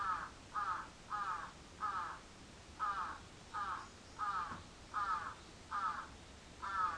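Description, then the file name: Crow delivering regular harsh caws, about one every second, over a quiet background. Recorded 14 July 2022 at 06:37. "karasu-in 220714 0637"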